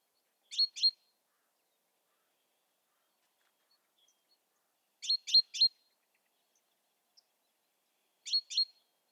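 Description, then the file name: Great tit calls: short, sharp, high chink notes in quick bursts of two, then three, then two, separated by several seconds of silence. "Parus major"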